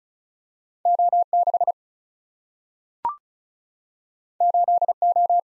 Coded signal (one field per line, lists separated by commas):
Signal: Morse code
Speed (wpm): 36 wpm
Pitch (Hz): 700 Hz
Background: none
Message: O6 8O